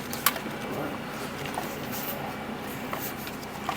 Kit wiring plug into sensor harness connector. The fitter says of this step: until it clicks.